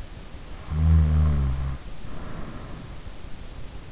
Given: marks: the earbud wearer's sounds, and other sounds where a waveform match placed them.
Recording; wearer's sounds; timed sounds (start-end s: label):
sounds in sleep by an in-ear microphone; snoring breath
0.70-3.02 s: snoring breath